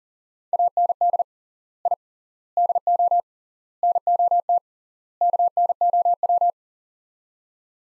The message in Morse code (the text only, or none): AND I DO NOT KNOW